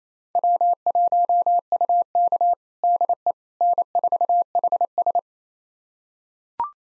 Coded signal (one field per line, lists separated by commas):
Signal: Morse code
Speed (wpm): 27 wpm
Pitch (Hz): 700 Hz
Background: none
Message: W1UK DE N4HS